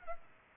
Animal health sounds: mosquito wingbeat signal from an infrared sensor; Culex pipiens

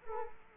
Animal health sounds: mosquito wingbeat signal from an infrared sensor; Culex quinquefasciatus

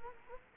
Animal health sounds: mosquito wingbeat signal from an infrared sensor; Culex quinquefasciatus

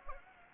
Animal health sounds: mosquito wingbeat signal from an infrared sensor; Anopheles gambiae

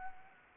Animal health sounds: mosquito wingbeat signal from an infrared sensor; Anopheles gambiae

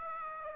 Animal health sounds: mosquito wingbeat signal from an infrared sensor; Aedes aegypti

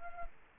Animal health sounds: mosquito wingbeat signal from an infrared sensor; Culex quinquefasciatus

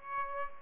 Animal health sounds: mosquito wingbeat signal from an infrared sensor; Aedes aegypti

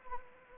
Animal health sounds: mosquito wingbeat signal from an infrared sensor; Anopheles gambiae

